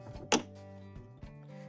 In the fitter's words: once it's inserted correctly you'll hear it snap into place so